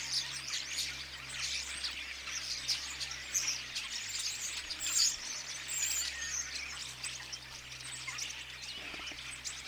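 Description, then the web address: Common starlings singing as a group, a busy wash of high chirps, squeals and clicks, with occasional sharper whistles standing out. Apparently young starlings singing together in chorus; recorded 22 August 2026. "paivat 22 8 2026 ilmeisesti tassa nuoret kottaraiset laulavat kuorossa"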